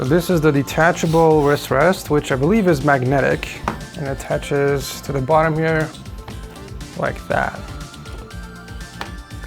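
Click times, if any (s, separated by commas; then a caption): 9.0 s. A detachable magnetic wrist rest is attached to the bottom edge of a mechanical keyboard while someone talks over background music. Small handling sounds follow, and the wrist rest snaps into place with a short, sharp click at 9.0 s, seating it on the keyboard.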